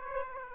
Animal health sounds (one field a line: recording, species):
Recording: mosquito wingbeat signal from an infrared sensor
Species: Aedes aegypti